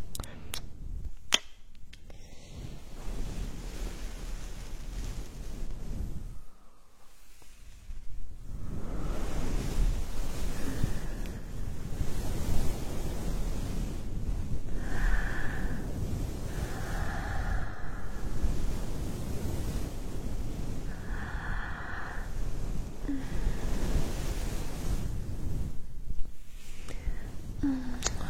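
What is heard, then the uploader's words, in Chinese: An ear massage: steady low rubbing and rustling, briefly pausing near seven and twenty-six seconds, with occasional squeaky strokes around fifteen and twenty-two seconds. 按摩耳朵刺激大脑。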